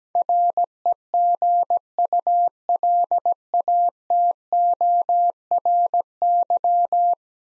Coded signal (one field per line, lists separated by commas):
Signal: Morse code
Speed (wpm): 17 wpm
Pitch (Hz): 700 Hz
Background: none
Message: REGULATORY